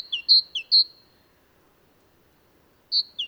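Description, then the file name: Great tit singing a ringing high-low two-note phrase, repeated a few times, then a pause before the phrase starts again. "Mesange charbonniere chants"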